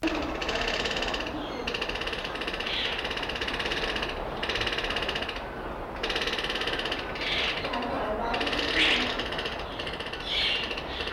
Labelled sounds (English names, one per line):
Toco Toucan